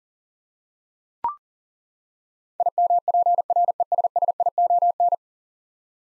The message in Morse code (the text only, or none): IMPRESSION